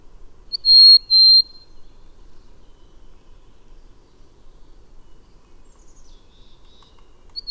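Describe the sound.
Bird song: two steady, high whistled notes in quick succession near the start, then a faint, thin descending phrase later, over quiet background hiss.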